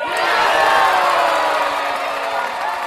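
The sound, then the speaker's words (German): A football crowd roars in celebration after Ivory Coast beat Ghana 9-8 in a penalty shootout in the Africa Cup of Nations final, a dense, sustained wall of cheering and shouting that stays loud and steady throughout. “Nach dem Elfmeterkrimi im Finale, das die Elfenbeinküste gegen Ghana mit 9-8 gewinnt, liegen sich alle jubelnd in den Armen.”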